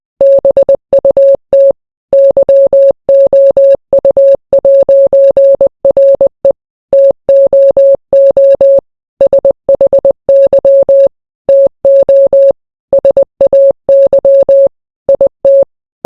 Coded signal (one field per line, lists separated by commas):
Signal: Morse code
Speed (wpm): 20 wpm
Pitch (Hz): 550 Hz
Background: none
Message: BUT YOU'RE TOO SHY TO SAY IT